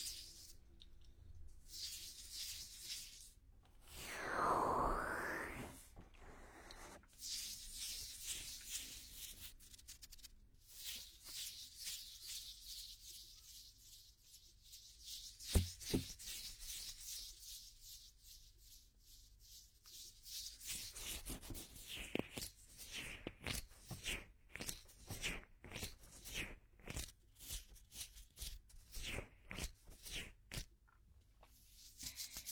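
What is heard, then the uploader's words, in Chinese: Two hands rub together gently, making soft papery swishes. A louder sweeping pass comes near five seconds and a brief knock around fifteen. After twenty seconds the strokes turn quicker and more rhythmic, short bright brushes repeating. 双手温柔摩擦。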